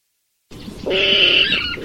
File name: Rallus aquaticus sequence